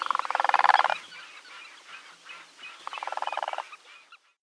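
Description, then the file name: Demoiselle crane calling in rolling, rattling trumpet-like bursts, a loud bout, a softer stretch of croaks, then a second rattling bout before fading out. "zhuravl krasavka golos"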